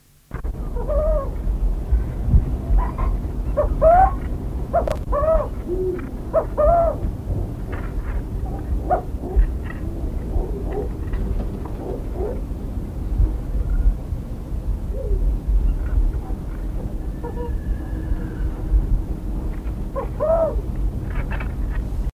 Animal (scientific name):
Athene cunicularia